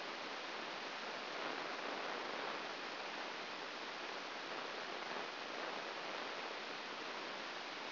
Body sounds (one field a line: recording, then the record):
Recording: brain microelectrode recording played as sound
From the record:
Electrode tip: outside the subthalamic nucleus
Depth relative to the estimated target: -5 mm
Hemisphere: left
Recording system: AlphaMap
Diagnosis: Parkinson's disease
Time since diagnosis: 9 years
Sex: female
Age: 40 years